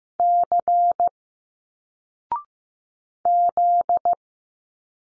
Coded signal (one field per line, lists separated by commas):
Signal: Morse code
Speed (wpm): 15 wpm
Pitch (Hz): 700 Hz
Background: none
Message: C Z